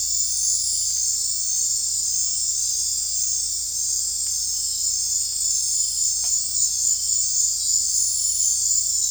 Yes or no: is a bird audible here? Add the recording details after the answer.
no. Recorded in dense forest near Puerto Asís, Putumayo, Colombia, on 16 December 2024 at 20:00. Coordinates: 0.466, -76.327. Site G075